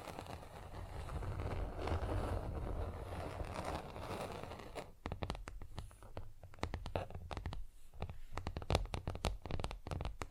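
Fast, rough nail filing fills the first five seconds as a dense, gritty rasp with rapid back-and-forth strokes. Then the filing stops and sharp, crisp taps take over, coming in quick irregular clusters with brief quiet gaps until the end.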